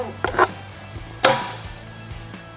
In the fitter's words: you can now affix the two final covers they will snap into place